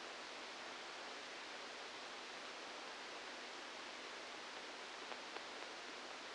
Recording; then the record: brain microelectrode recording played as sound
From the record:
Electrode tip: outside the subthalamic nucleus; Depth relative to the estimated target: -8 mm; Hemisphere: left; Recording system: NeuroSet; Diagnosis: Parkinson's disease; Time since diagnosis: 15 years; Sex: female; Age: 59 years